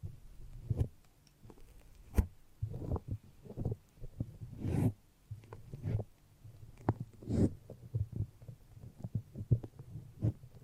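A foamy, sticky massage of the head, heard as soft, muffled squishing and thudding pressed in irregular bursts. The sounds stay low and dull, with a few sharper, crackly touches around two, five and seven seconds and quiet pauses between strokes.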